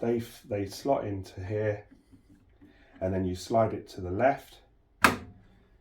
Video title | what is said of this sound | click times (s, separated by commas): 3DPUK presents the new Bambu Lab X1 Carbon with AMS system unboxing and Build #3dprinting #bambu | locks into place um | 5.0 s